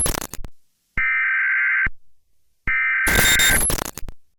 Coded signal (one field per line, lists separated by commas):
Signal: Emergency Alert System (SAME) tones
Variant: header bursts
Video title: EAS Scenario: Scary Special Scenario - The Blood Weather